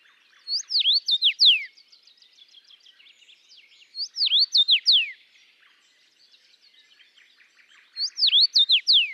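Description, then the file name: Common rosefinch repeating its whistled, swooping song phrase three times at roughly four-second intervals, with faint chirps from other birds in the background. Recorded in Latvia. "life dviete. carpodacus erythrinus"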